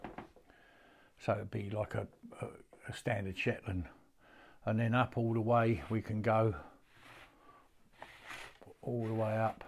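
Someone talks while sliding the measuring arm of a horse-measuring cane upward, raising it as far as it will go. Faint brief sounds come at about 0.0, 0.2 and 8.0 seconds beneath the speech. The arm has not yet locked in place by the end of the clip.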